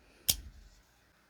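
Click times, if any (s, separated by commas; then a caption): 0.3 s. The crossbar lock levers on both sides of a Flissa compact folding knife are pulled back, releasing its D2 steel blade, which falls shut into the G10 handle. A single sharp, bright click sounds at 0.3 s, followed by a low, fading rattle that dies away by about 0.8 s. The lock has released and the blade is closed.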